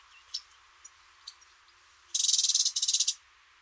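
Cetti's warbler giving a sudden, loud, explosive burst of many rapid, high ringing notes lasting about a second, after a few faint scattered chips.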